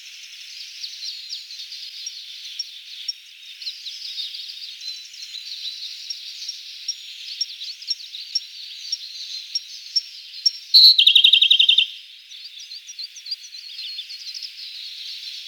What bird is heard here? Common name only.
Siberian Blue Robin